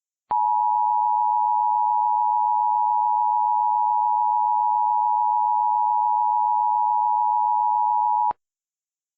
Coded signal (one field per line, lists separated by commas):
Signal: Emergency Alert System (SAME) tones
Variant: 853 and 960 Hz attention tone